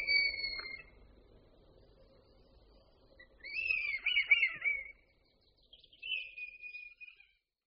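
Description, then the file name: Red kite call, fairly quiet: a thin high whistle, then after a pause a longer quavering whistle, and a final wavering note after another pause. "Luňák-červený"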